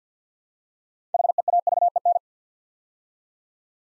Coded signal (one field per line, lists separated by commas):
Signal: Morse code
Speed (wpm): 50 wpm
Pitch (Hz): 700 Hz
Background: none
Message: HEAVEN